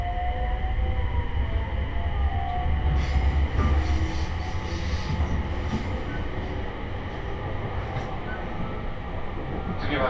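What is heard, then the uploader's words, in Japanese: A steady, heavy rumble of a train running on the line, heard from inside a car, with a low droning roar throughout. Faint whining tones and a thin high squeal ride over it from about three seconds on, with occasional light clatter. 鉄道旅 東北本線 福島→北白川。列車はこの途中で福島県から宮城県へと入っていきます。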